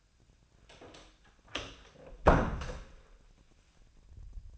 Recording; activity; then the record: daily activity, microphone in the room; close door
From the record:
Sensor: 2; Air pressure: 1009.0 hPa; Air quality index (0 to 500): 189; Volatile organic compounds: 3 ppm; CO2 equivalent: 1370 ppm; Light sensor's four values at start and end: 29/78/33/35 and 29/77/32/34